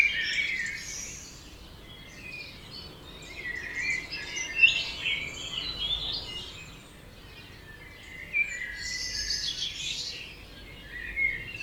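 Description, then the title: Birds: mixed bird chorus, bursts of twittering and whistled song from several birds, rising and falling in density. Dawn chorus at 4am in Oberhofen, Inntal valley, Austria; binaural recording, best heard with headphones. "Birds Oberhofen Inntal Austria - 4am - binaural version"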